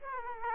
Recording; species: mosquito wingbeat signal from an infrared sensor; Aedes aegypti